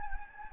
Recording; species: mosquito wingbeat signal from an infrared sensor; Anopheles gambiae